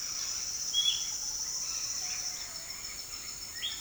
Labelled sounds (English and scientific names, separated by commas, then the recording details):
Epaulet Oriole (Icterus cayanensis), Red-bellied Macaw (Orthopsittaca manilatus)
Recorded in secondary vegetation near Puerto Asís, Putumayo, Colombia, on 20 February 2024 at 18:00
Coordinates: 0.472, -76.331
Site G6371